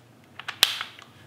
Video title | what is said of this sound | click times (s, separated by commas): Putting the Mini Project on Halt.. Here's Why | you slide this over top push it down and it clicks into place | 0.6 s